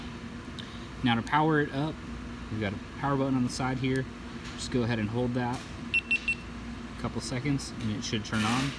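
A spring-loaded plastic battery door latch on a GoPro action camera is pushed up after the battery goes in, and it locks into place with a short click at 0.6 s. Someone talks over a steady low hum, and a brief beeping tone sounds around 6.0–6.3 s.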